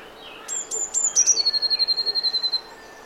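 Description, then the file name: Eurasian blue tit song: a few thin, very high notes followed by a fast, even, lower trill lasting over a second. "Cyanistes caeruleus"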